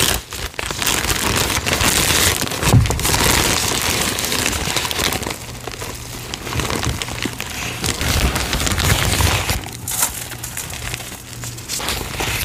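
Green cornstarch and gym chalk powder being sifted and mixed, giving a dense, grainy hiss with constant fine crackling, like light rain. The texture stays fairly steady, easing briefly around the middle, while a faint low hum runs through the second half.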